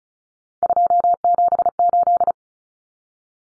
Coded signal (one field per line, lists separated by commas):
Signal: Morse code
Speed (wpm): 34 wpm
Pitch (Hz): 700 Hz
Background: none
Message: 278